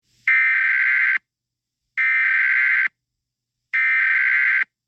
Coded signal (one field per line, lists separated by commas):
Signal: Emergency Alert System (SAME) tones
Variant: header bursts